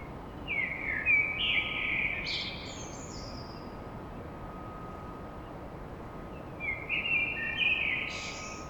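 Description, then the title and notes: Common blackbird song in two bursts, each a mellow warble rising into high scratchy twitters, with a long gap between and a steady background hum. Blackbird song at dawn in Paris. "Blackbird Poetry At Paris. Enregistrement d'un chant de merle à l'aube dans Paris"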